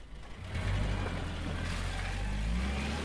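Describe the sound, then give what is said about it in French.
A Mercedes car engine rumbles low and steady, rising in loudness after a brief quiet start as the car pulls away, with a broad whoosh of road noise and no voices. “La Mercedes repartit.”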